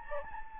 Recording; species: mosquito wingbeat signal from an infrared sensor; Anopheles gambiae